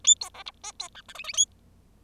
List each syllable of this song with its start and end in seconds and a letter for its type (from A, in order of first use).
0.04-0.15 A, 0.21-0.29 B, 0.34-0.43 C, 0.46-0.51 D, 0.63-0.72 E, 0.79-0.88 B, 0.95-1.02 F, 1.08-1.13 G, 1.14-1.23 H, 1.24-1.33 H, 1.33-1.46 A